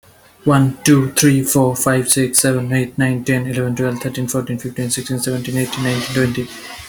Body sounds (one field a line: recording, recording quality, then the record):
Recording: counting at a fast pace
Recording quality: excellent, no background noise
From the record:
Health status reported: healthy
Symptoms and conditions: none ticked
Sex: male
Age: 27 years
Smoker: not ticked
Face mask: not worn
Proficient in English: yes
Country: India